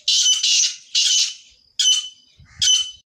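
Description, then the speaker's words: Grey Partridge calling, several harsh grating bursts, the first two close together, the last two about a second apart. Voted Bird of the Year online; hearing its call is described as rare because few partridges remain. "Seinen Ruf zu hören ist eine absolute Seltenheit, denn es gibt nicht mehr viele Rebhühner."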